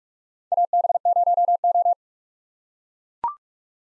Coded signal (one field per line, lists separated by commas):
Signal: Morse code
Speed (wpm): 42 wpm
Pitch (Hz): 700 Hz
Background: none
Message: AB0O